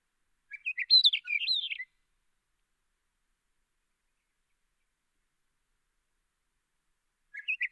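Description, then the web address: Hume's wheatear song: one quick warbled phrase of high chirpy notes rising and falling, then a long silence before another phrase begins at the very end. "sound Hume's-wheatear. صدای-پرنده-چکچک-شکم-سفید"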